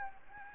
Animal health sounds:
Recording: mosquito wingbeat signal from an infrared sensor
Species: Anopheles gambiae

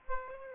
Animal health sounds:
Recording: mosquito wingbeat signal from an infrared sensor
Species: Aedes aegypti

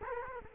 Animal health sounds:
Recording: mosquito wingbeat signal from an infrared sensor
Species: Culex quinquefasciatus

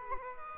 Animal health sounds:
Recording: mosquito wingbeat signal from an infrared sensor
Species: Culex quinquefasciatus

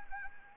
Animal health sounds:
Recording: mosquito wingbeat signal from an infrared sensor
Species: Anopheles arabiensis

